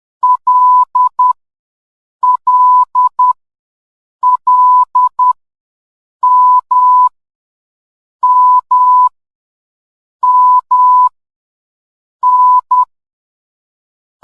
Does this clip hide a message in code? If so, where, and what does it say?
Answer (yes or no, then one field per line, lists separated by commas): yes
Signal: Morse code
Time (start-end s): 0.2-12.8 s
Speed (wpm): 10 wpm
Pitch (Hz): 1000 Hz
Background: none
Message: L L L M M M N